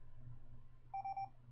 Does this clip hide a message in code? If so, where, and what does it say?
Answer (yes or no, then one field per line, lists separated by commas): no